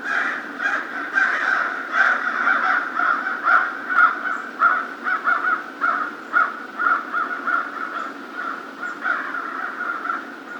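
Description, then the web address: American crow giving harsh caws in a steady series, about two a second, running through the whole stretch with no other clear sounds. Recorded on 2 March 2010. "2010 03 02 American Crow"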